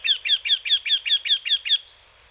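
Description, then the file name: Eurasian wryneck calling a run of nine evenly spaced, descending nasal notes that stop abruptly, followed by a faint rising note. Recorded in Hyogo. "arisui 0610 hyogo kaji"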